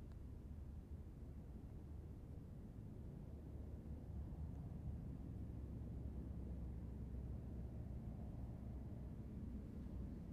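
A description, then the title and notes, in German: An aircraft approaching to land, heard as a steady, dense low roar that fills the whole ten seconds without a break. The rumble sits mostly in the deep range, with a faint, dull hiss above it, and it swells slightly after the first few seconds. September, 13:24 CET. Flughafen Kloten. Im Minutentakt fliegen sie an. Auf die Piste 14.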